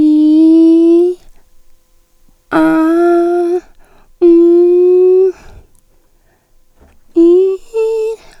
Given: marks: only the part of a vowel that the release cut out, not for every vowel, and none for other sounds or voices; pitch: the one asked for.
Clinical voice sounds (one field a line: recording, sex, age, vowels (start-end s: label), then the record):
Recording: sustained vowels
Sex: female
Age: 50 to 59 years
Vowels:
0.00-0.99 s: vowel /i/, normal pitch
2.60-3.50 s: vowel /a/, normal pitch
4.29-5.23 s: vowel /u/, normal pitch
7.21-8.08 s: vowel /i/, high pitch
From the record:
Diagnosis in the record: hypernasality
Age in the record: 51 years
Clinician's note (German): Tonsillentumor